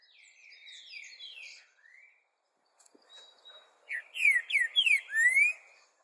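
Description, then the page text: Green-winged saltator song: falling whistled notes, a short pause, then a strong series of quick, rising slurred whistles repeated several times. "cantodepassaros 2. Trinca Ferro Cantando!"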